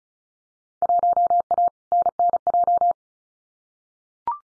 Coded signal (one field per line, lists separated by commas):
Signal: Morse code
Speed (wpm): 36 wpm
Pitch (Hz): 700 Hz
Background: none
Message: 1A NNJ